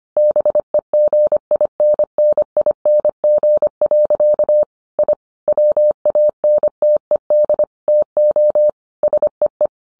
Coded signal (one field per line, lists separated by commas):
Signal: Morse code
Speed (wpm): 25 wpm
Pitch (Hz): 600 Hz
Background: none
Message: BEGINNING. I WANTED TO SEE